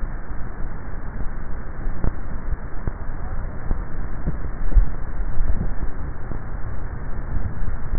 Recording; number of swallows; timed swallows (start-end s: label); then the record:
swallowing sounds by neck microphone; 2
4.62-5.42 s: swallow
7.28-7.88 s: swallow
From the record:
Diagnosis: dysphagia